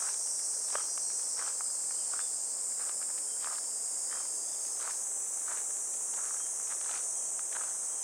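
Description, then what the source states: Cicadas hum in an unbroken, piercing drone while footsteps crunch steadily and clearly below. Recorded on a walk along a riverbank path on a fresh, clear morning, heading toward a weir where water falls like a waterfall; cicada voices gradually give way to falling water.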